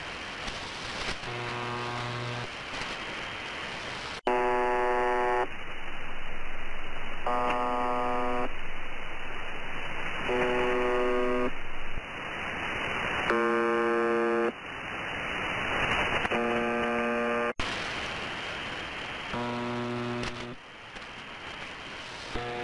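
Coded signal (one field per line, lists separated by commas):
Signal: channel marker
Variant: UVB-76 buzzer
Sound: harsh low buzz about one second long, repeating roughly every two to three seconds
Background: radio static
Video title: More MDZhB-UVB-76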